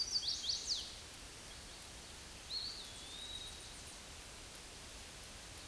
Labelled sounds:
Eastern Wood-Pewee song
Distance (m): 40 m
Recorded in a Pennsylvania forest on 18 May 2023 at 06:20
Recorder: AudioMoth, point grid1_41_low
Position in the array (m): 75 m, 199 m

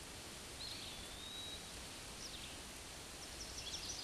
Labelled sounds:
Eastern Wood-Pewee song
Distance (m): 65 m
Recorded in a Pennsylvania forest on 18 May 2023 at 09:37
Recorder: AudioMoth, point grid1_34_low
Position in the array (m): 178 m, 167 m

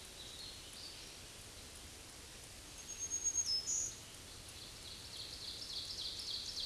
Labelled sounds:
Black-throated Green Warbler song
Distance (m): 20 m
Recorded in a Pennsylvania forest on 18 May 2023 at 07:27
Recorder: AudioMoth, point grid1_7_low
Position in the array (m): 173 m, 61 m

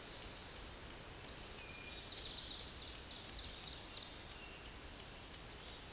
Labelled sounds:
Ovenbird song
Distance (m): 100 m
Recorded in a Pennsylvania forest on 17 May 2023 at 13:14
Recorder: AudioMoth, point grid1_14_low
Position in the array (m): 156 m, 78 m

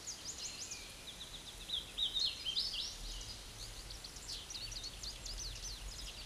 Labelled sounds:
Hooded Warbler song
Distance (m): 15 m
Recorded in a Pennsylvania forest on 18 May 2023 at 12:59
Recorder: AudioMoth, point grid1_13_low
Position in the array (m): 149 m, 123 m

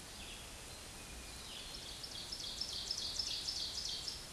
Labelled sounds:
Ovenbird song
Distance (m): 55 m
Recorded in a Pennsylvania forest on 17 May 2023 at 13:25
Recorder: AudioMoth, point grid1_6_low
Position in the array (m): 148 m, 64 m

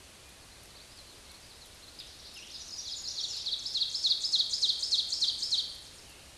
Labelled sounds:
Ovenbird song
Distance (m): 15 m
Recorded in a Pennsylvania forest on 18 May 2023 at 05:57
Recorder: AudioMoth, point grid1_2_low
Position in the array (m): 161 m, 16 m

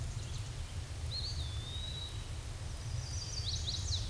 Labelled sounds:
Eastern Wood-Pewee song
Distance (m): 30 m
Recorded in a Pennsylvania forest on 18 May 2023 at 10:33
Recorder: AudioMoth, point grid1_19_low
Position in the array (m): 122 m, 181 m

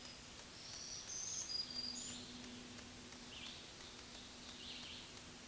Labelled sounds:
Black-throated Green Warbler song
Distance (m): 15 m
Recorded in a Pennsylvania forest on 1 June 2023 at 08:59
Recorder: AudioMoth, point grid3_34_low
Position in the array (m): 216 m, 140 m

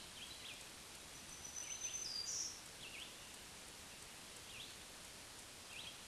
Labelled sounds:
Black-throated Green Warbler song
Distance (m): 15 m
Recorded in a Pennsylvania forest on 1 June 2023 at 06:13
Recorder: AudioMoth, point grid3_38_high
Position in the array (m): 229 m, 152 m

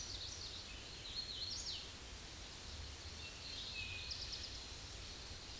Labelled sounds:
Hooded Warbler song
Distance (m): 55 m
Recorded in a Pennsylvania forest on 18 May 2023 at 08:48
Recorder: AudioMoth, point grid1_34_low
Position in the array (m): 160 m, 133 m

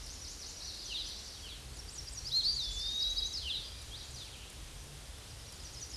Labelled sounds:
Eastern Wood-Pewee song
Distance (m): 5 m
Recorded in a Pennsylvania forest on 18 May 2023 at 11:27
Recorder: AudioMoth, point grid1_17_low
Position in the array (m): 190 m, 146 m

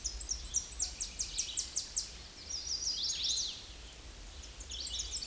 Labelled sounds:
Chestnut-sided Warbler song
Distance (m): 25 m
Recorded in a Pennsylvania forest on 18 May 2023 at 09:05
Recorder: AudioMoth, point grid1_17_low
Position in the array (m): 213 m, 132 m

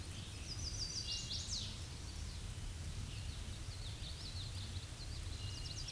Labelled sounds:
Chestnut-sided Warbler song
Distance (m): 25 m
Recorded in a Pennsylvania forest on 18 May 2023 at 07:45
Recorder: AudioMoth, point grid1_40_low
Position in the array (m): 120 m, 205 m

